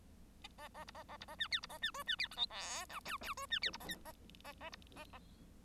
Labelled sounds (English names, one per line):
Bengalese Finch song